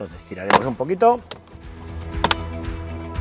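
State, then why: Released. On a 2021-2024 Opel Grandland, a snap-in interior plastic trim panel over the BSI body control unit is pulled a little to reach the BSI and connect to the CAN bus line while someone talks. Two sharp snaps at 2.2 s and 2.3 s mark the panel popping out of its clips, releasing it.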